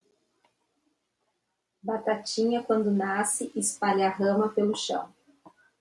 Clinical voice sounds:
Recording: short text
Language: Brazilian Portuguese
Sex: female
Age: 40 to 49 years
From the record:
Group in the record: control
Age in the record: 49 years

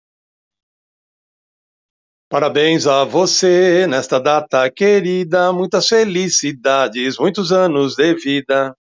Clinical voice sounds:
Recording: short text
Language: Brazilian Portuguese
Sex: male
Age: 60 to 69 years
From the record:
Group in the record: control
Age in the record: 69 years

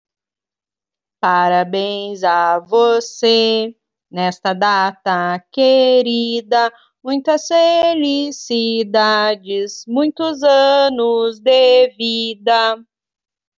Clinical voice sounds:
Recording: short text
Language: Brazilian Portuguese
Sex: female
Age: 30 to 39 years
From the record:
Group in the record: control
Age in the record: 39 years

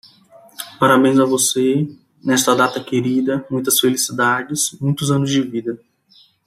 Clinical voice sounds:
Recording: short text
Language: Brazilian Portuguese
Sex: male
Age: 20 to 29 years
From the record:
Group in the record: control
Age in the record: 28 years

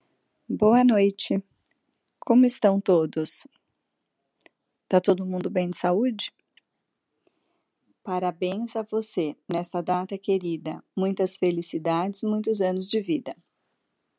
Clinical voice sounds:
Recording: short text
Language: Brazilian Portuguese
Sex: female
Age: 50 to 59 years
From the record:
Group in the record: control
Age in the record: 52 years

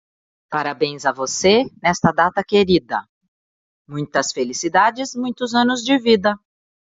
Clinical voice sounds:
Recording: short text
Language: Brazilian Portuguese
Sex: female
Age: 50 to 59 years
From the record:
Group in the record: control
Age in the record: 52 years

